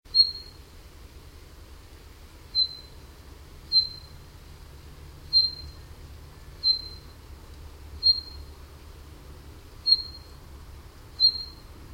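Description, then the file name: Common chaffinch calls: short, clear high notes repeated roughly every one to two seconds, eight in all, over a steady low hum. "Fringilla coelebs"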